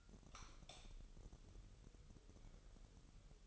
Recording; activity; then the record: daily activity, microphone in the room; light off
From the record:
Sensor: 4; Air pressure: 989.2 hPa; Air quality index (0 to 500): 221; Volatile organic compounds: 77 ppm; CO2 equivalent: 3582 ppm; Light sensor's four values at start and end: 27/92/34/35 and 24/80/30/30